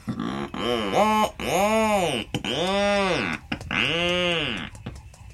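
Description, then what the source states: Rhinoceros Auklet calls, a run of deep, groaning, moan-like notes that swell and fade, several long strained groans with short clicking sounds between them. Call compared to a weed whacker.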